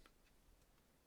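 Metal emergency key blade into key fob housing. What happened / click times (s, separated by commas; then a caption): The key blade clicked into its plastic housing / 0.1 s. A metal emergency key blade is pushed back into the plastic key fob housing of a Mercedes-Benz S-Class AMG remote key, after the cover has been snapped into place. A single short click is heard at 0.1 s as the key seats, followed by faint ticking.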